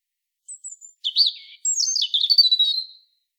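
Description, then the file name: European robin song phrase: a thin high whistle, then a rapid tumbling run of sweet, scratchy notes falling and rising, ending in a drawn-out note; no other sounds. "Erithacus rubecula"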